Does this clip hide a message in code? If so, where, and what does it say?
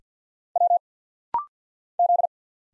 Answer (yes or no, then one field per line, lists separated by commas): yes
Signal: Morse code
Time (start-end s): 0.6-2.3 s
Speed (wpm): 51 wpm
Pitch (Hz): 700 Hz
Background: none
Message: W Z